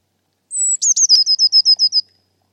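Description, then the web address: Eurasian blue tit giving a high, thin introductory note followed by a rapid, evenly spaced series of short notes on a slightly falling pitch. "Deverinetal 2025 File origin Bird Only Cy Ca"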